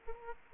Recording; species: mosquito wingbeat signal from an infrared sensor; Aedes aegypti